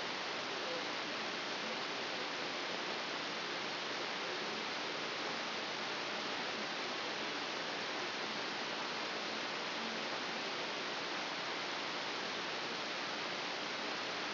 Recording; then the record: brain microelectrode recording played as sound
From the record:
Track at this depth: inside the subthalamic nucleus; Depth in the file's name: 1.636 mm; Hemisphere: left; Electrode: 3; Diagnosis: Parkinson's disease